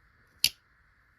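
A steel blade of a Rough Ryder liner-lock pocket knife is worked again and snaps sharply into place in its handle under the spring at 0.4 s, a single bright, hard click over a faint steady hum. The blade is seated.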